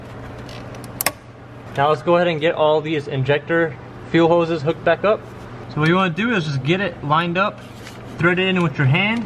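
A TCV hose's quick-connect fitting is pushed onto its port on the engine, and a sharp, loud click at 1.0 s marks it seating. Someone then talks over a steady low hum.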